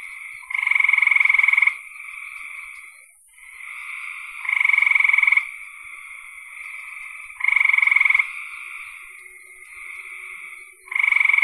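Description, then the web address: Frogs croaking: four loud pulsed trills of about a second each, repeated every few seconds, over a steady chorus of fainter frogs. "cn frogs"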